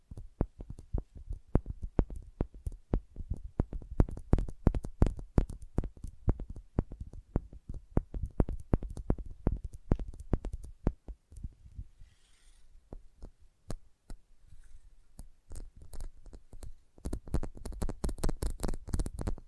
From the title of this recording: Sensitive Tapping